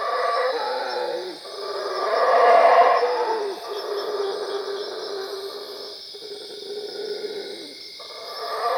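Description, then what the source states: Howler monkey roars, a rough swelling roar peaking early, then softer lingering moans and a renewed rise at the end, over a steady high drone. Recorded at Cuevas.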